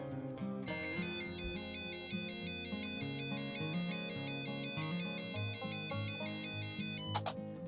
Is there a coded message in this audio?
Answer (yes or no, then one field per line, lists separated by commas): no